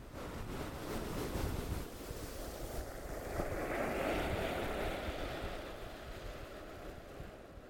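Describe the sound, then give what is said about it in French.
Steady roar of sea waves with gusting wind rushing over it, a broad hiss that swells in the middle before easing off, with no voices; the sea and wind carving caves along an eroding coast. “La mer et le vent qui creusent des grottes en sifflant.”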